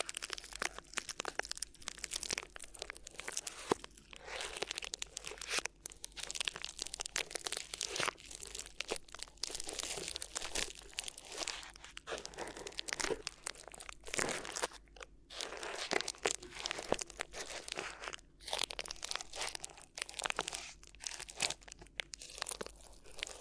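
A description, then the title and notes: Crinkly material is rubbed and squeezed in a steady, dense stream of crackling and crunching for the whole stretch. The sound is bright and papery, with frequent sharp snaps and brief softer pauses, the busiest bursts coming around the middle and later. ASMR Addictive Crinkly Ear Massage (No Talking).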